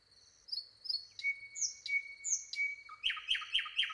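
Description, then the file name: Common nightingale song with a long steady whistle under high slurred notes, then rapid loud chirps. "Luscinia megarhynchos"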